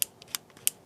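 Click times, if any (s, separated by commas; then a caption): 0.0 s, 0.4 s, 0.7 s. A stiff attachment, now freed up, is pushed onto a cordless screwdriver and gives three sharp, bright plastic clicks at 0.0, 0.3 and 0.7 seconds, with a few faint ticks in between. The clicks mean the attachment is locked in place.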